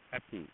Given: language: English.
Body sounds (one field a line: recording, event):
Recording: throat vibration sensor signal played as sound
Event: speech